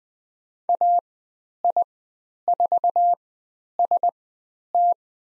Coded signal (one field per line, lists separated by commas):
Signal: Morse code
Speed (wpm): 20 wpm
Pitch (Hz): 700 Hz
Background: none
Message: AI4ST